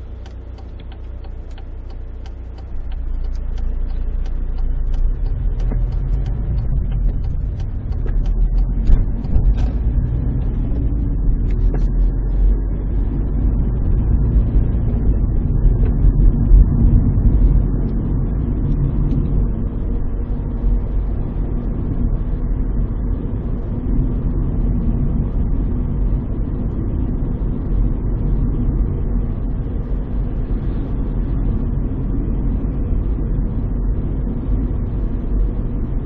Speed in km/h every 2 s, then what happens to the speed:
0, 5, 14, 16, 28, 34, 43, 47, 51, 50, 51, 52, 52, 52, 52, 52, 52, 52.
1-15 pulls away to 51. 15-36 steady at about 52.